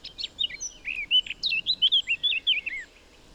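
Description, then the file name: Eurasian blackcap song: a brief scratchy twittering opening that breaks into a rapid run of loud, clear fluted whistles, falling at the end. "Sylvia atricapilla"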